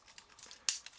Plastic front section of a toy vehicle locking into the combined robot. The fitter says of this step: front again, but this time it's actually going to lock into place right there.